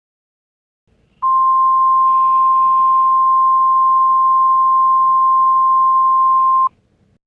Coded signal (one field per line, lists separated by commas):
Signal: Emergency Alert System (SAME) tones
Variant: 1050 Hz attention tone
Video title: EAS (Fake)